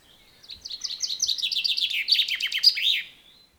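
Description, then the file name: Common chaffinch delivering one full song, a rapid series of cheerful notes tumbling downward into an emphatic terminal flourish. "Fringilla coelebs"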